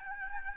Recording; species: mosquito wingbeat signal from an infrared sensor; Aedes albopictus